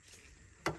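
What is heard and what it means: A bulb retaining lock is put over a newly seated car headlamp bulb. After a quiet stretch, it snaps on with a single sharp click at 0.7 s, and the lock is confirmed on.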